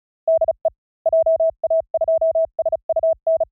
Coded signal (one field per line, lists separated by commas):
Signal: Morse code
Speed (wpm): 36 wpm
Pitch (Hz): 690 Hz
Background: none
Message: DE JA2SUN